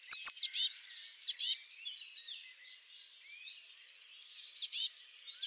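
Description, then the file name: Eurasian blue tit uttering quick, high thin notes in two rapid bursts separated by a quiet gap, with soft chirps from other birds in the background. "Cyanistes caeruleus"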